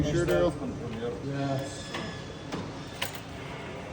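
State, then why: Seated. A corner hardware piece for a tilt-and-turn window is pressed into a window sash profile while someone talks. A softer knock comes at about 2.5 s, then a sharp, short click at 3.0 s as the piece snaps into place and seats.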